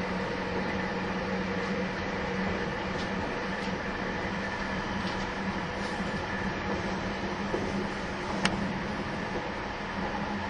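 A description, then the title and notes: A train runs with a steady, dense rumble and low hum, broken by a few faint clicks and one sharp knock near eight seconds. 225系 700 新快速23号 01/01:野洲～姫路. 有料座席＂Aシート＂専用車両として新造された車両が225系-700です。 その車両のロングラン運転となる＂新快速23号＂の列車走行音(静止画)です。 収録年月:2023,12. The train running sound.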